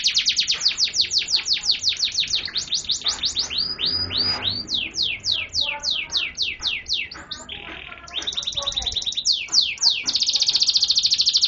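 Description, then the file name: Canary singing a fast, varied sequence of sweeping whistles, rattling trills and a brief harsh note, high-pitched and unbroken. Privately owned canary. "audio kenari kancil milik mr asen nbc omkicau"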